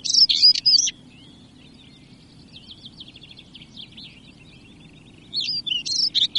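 European stonechat with a scratchy high warbled phrase at the start and another near the end, soft twittering filling the gap.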